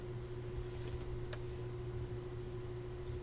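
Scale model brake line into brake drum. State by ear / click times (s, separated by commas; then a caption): not seated / none. The left brake line of a 1/8 scale Agora Models British SAS Willys Jeep is handled and pressed toward the hole in the brake drum, a press fit meant to snap in. Over a steady low hum and faint background hiss there is only a brief light tick around 1.3 s from handling. Nothing has seated or clicked yet.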